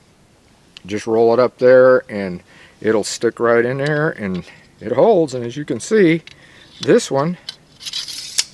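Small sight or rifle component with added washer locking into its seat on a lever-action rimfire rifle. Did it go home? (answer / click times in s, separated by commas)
yes / 8.4 s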